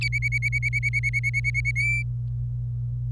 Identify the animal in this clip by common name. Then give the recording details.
Domestic Canary. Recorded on 26 April 2018 at 11:29. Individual llb3